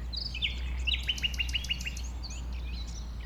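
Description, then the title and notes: Common nightingale singing a short whistle, then a rapid series of about six sharp repeated notes, then softer twitters, over a constant low hum. One nightingale among several settled on the banks of a stream forming a pond, 1500 m from the A20 motorway; recorded around 8 am on Sunday 12 April. "Un Rossignol Envers Et Contre Tout. un rossignol venu avec quelques autres s'installer sur les rives d'un ruisseau formant un étang à 1500 mètres de l'A 20. Ces moments ont été enregistrés vers 8h le dimanche 12 avril"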